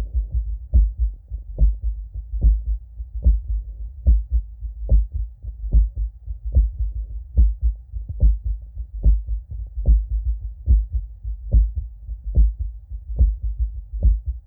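Regular heart sounds at about 72 beats a minute at the apex, with fainter, quicker extra sounds between the beats, like two hearts at once, one close and one far away. These are audible atrial flutter sounds, a rare auscultatory finding, in an adult with a history of Q-wave myocardial infarction, heart failure and atrial flutter.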